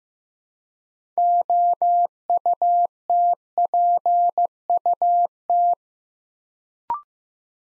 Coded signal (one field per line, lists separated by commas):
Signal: Morse code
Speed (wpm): 15 wpm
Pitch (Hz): 700 Hz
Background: none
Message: OUTPUT